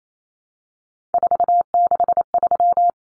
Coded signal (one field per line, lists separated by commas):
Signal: Morse code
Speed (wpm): 28 wpm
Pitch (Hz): 700 Hz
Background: none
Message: 463